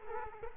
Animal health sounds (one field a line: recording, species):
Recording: mosquito wingbeat signal from an infrared sensor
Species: Culex quinquefasciatus